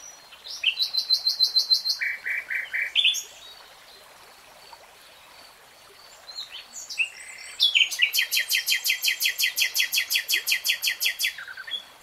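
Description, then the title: Nightingale song: rapid repeated notes shifting to a lower churring phrase, a pause, then a long fast series of loud repeated notes. "[Tiếng chim hót] REALTIME Nightingale Singing"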